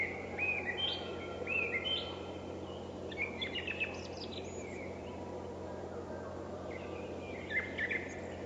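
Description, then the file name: Song thrush delivering varied whistled and chirping phrases, with a pause midway before more phrases, against constant low background noise. "Drozd pevchij"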